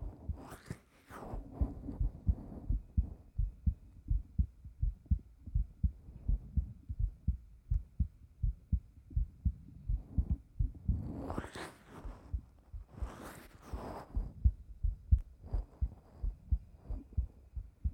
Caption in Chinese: 心跳声。